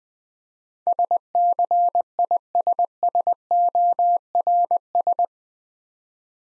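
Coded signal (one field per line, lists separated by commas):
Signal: Morse code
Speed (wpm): 20 wpm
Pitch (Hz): 700 Hz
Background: none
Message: SCISSORS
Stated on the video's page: Morse practice set at 20 WPM using easy words with contextual hints.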